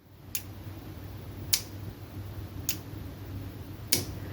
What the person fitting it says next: You can hear the audible click.